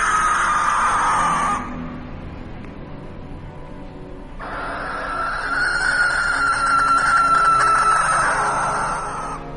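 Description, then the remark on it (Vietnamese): A barn owl's harsh, hissing screech at the end of a house sounds twice: a long shrill rasp, a pause of a couple of seconds, then a longer, louder screech that holds steady before trailing off. No one speaks. “Bỗng đâu đó có tiếng gì đó, ấy là tiếng con chim lợn vang lên lanh lảnh ở đầu nhà, làm tôi giật mình.”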